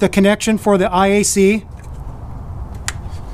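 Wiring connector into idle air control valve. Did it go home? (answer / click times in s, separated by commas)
yes / 2.9 s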